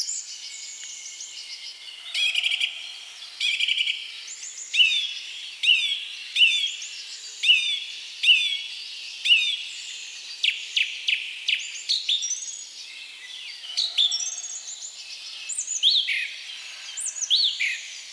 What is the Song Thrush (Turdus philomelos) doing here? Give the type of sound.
song